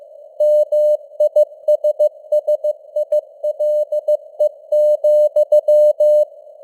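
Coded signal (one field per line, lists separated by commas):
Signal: Morse code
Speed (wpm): 15 wpm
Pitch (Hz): 600 Hz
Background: none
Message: MISSILE,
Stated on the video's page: Simulated Morse news headlines at 15 wpm with simulated radio noise and fading (QSB).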